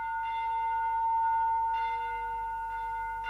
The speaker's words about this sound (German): Wo aber tönet diese Glocken, hat angehoben Ewigkeit.